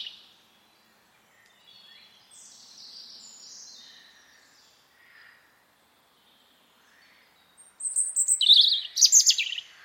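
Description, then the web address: Bird sound: soft, faint high notes for several seconds, then a loud, scratchy burst of rapid twittering near the end. "cianscape birddata Deverinetal 2025 File origin Bird Only"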